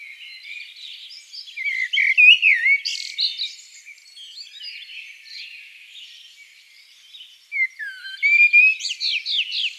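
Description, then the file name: Common blackbird with a warbling phrase of looping whistles and a shrill flourish, a long quiet spell of faint twitters, then another loud phrase. "Turdus merula"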